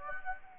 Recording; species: mosquito wingbeat signal from an infrared sensor; Anopheles gambiae